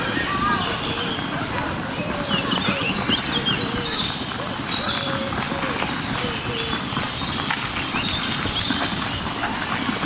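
A soundwalk at the Ludwigsteich near Roßdorf, carried by a steady, dense low rumble that never lets up. Birds chirp and trill above it throughout, and soft, voice-like calls drift in and out in the middle range.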